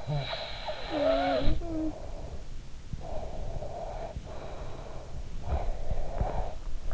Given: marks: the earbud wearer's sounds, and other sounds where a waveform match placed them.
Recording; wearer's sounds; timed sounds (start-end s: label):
sounds in sleep by an in-ear microphone; snoring breath, breath
0.00-2.56 s: snoring breath
3.09-5.23 s: breath
5.49-6.73 s: breath